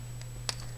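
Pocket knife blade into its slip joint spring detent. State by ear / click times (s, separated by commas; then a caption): seated / 0.5 s. The steel main blade of a 58 mm Victorinox Hiker slip joint pocket knife is moved and snaps sharply into its detent position under spring tension; it does not lock. A faint tick comes at 0.2 s, then a crisp, bright snap at 0.5 s as the blade seats. The blade is seated in its slip joint spring detent.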